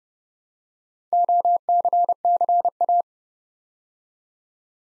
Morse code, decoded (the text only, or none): OCCA